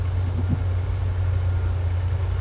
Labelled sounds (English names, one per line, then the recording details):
none
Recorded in secondary vegetation near Puerto Asís, Putumayo, Colombia, on 20 December 2024 at 10:00
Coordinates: 0.468, -76.324
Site G095